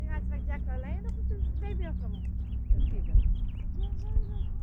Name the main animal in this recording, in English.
House Finch